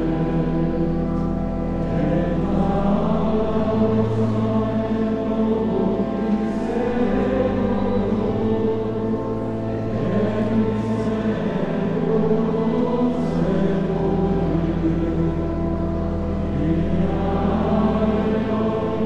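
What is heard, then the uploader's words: Inside the Church of the Holy Sepulchre, sustained voices or tones hold long, layered notes over a low steady drone, filling the reverberant space at an even level. Occasional soft clicks and brief rustles surface every few seconds. The single recording there is from the Church of the Holy Sepulchre in Jerusalem. Church Of The Holy Sepulchre, Jerusalem.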